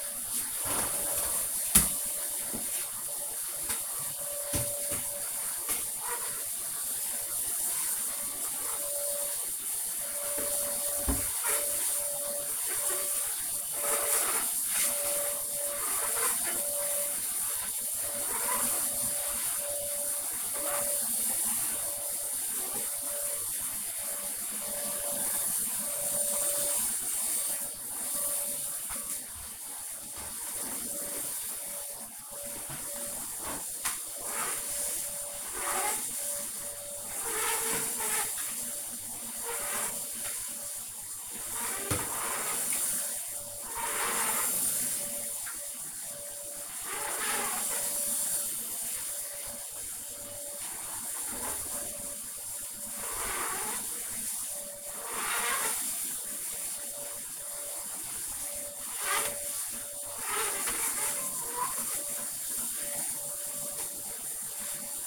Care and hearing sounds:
household activities, microphone on the right wrist
0.00-65.06 s: vacuum cleaning

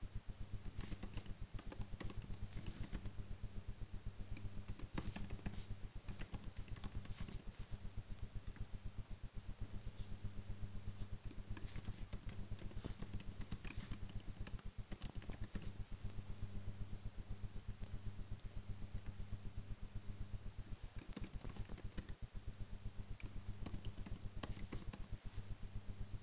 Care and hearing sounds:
household activities, microphone on the right wrist
0.00-26.23 s: working on the computer

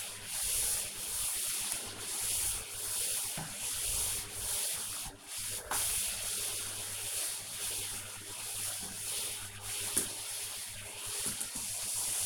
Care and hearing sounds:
household activities, microphone on the right wrist
0.00-12.26 s: vacuum cleaning

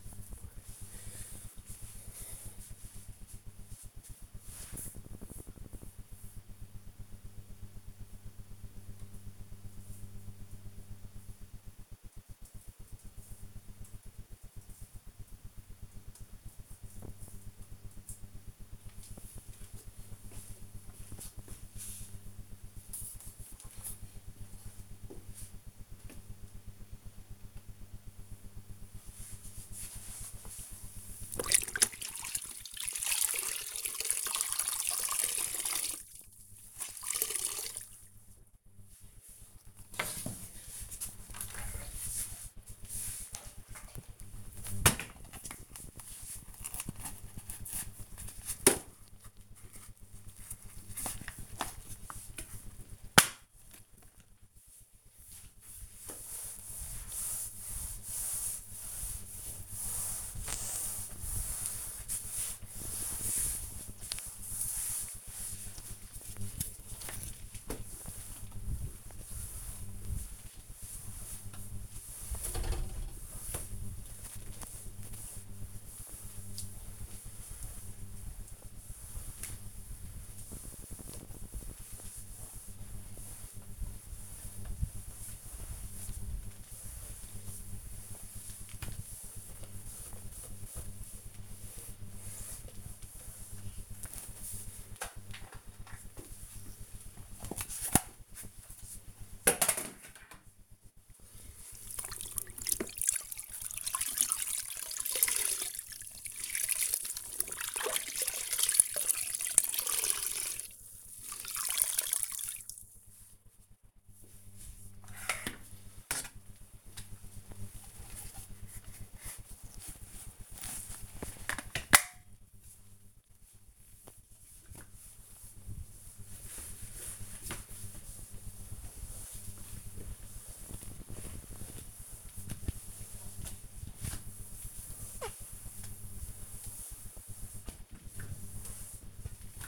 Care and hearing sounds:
household activities, microphone on the right wrist
29.69-139.68 s: floor cleaning

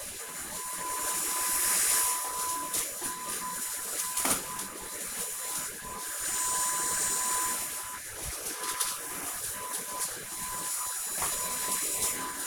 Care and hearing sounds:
household activities, microphone on the right wrist
0.00-12.47 s: vacuum cleaning

